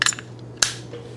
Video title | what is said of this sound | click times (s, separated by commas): Installing a iKamper RTT on a 2020 Subaru Outback NON Wilderness Edition - How I did it | So you face it down, push it in, and you'll hear it click. | 0.0 s, 0.6 s